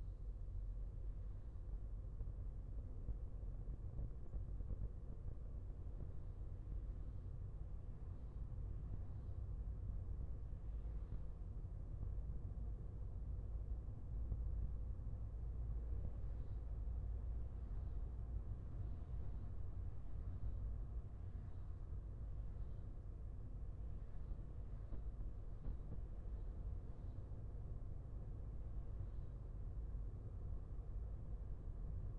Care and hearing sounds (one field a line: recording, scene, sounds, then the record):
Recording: everyday scene through a hearing-aid microphone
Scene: in a vehicle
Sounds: engine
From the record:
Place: Skoda Fabia, gasoline engine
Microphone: behind the ear, left, rear